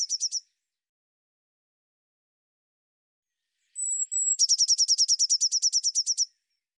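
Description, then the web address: Eurasian blue tit song: a brief trill tail, then silence, then two thin, very high drawn-out notes leading into a rapid, evenly pulsed trill lasting about two seconds. "cianscape birddata Deverinetal 2025 File cleaned normalized Bird Cy Ca"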